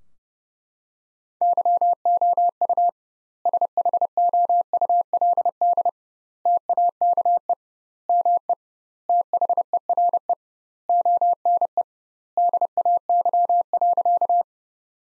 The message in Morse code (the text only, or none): YOU SHOULD TAKE ME THERE ONE DAY.